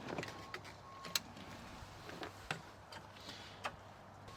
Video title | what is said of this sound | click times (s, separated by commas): How To Install Universal Golf Cart 4 Passenger Nokins Seat Belt Kit - Secure Cargo Area Components | comes over and it locks into place as you can hear it | 1.2 s